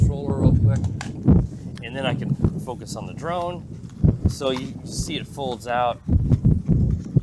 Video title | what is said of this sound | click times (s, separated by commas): Potensic Falcon P4 (DSDR04A) 1080p Foldable Drone Review - (Only 134g) | It doesn't really lock into place very well, so you could knock an arm out of place if you would crash it, so | none